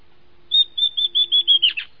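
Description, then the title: Southern chestnut-tailed antbird giving a quick series of about eight high, clear whistled notes, steady at first, then faster and dropping slightly at the end, with a faint low hum beneath. Nominate subspecies hemimelaena. "LuckyPassaro Completos2Sama. Southern Chestnut-tailed Antbird (Myrmeciza hemimelaena hemimelaena)"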